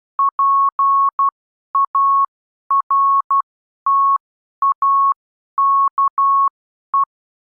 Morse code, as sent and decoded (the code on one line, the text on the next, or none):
.--. .- .-. - .- -.- .
PARTAKE